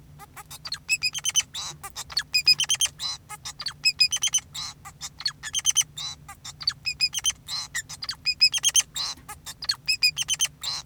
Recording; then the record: song of a male Bengalese finch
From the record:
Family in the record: son of father 2, and himself father 4